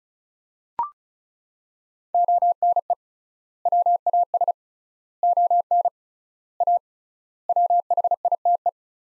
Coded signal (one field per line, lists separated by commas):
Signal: Morse code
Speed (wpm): 34 wpm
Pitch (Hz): 700 Hz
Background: none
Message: ONE WAS ON A WHITE